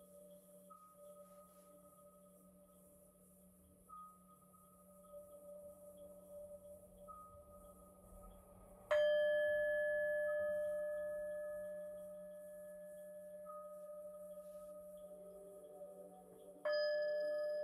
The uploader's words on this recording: MIDI and BOWL sounds 7 mins per chakra.